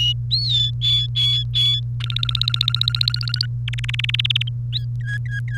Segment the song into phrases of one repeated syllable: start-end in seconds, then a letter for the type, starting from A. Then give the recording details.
0.31-1.80 A, 2.00-3.46 B, 3.68-4.49 C, 5.01-5.58 D. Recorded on 1 May 2018 at 14:41. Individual llb3